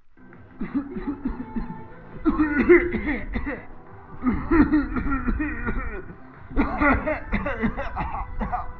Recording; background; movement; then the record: voluntary coughing; music; walking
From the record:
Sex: male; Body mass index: 21.0 kg/m2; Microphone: on the chest, facing the body